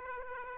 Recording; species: mosquito wingbeat signal from an infrared sensor; Aedes aegypti